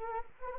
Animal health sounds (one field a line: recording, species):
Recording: mosquito wingbeat signal from an infrared sensor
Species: Anopheles arabiensis